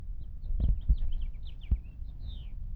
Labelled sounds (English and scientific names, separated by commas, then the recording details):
House Finch (Haemorhous mexicanus) song
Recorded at Lawrence on Long Island, New York, on 4 June 1975
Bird E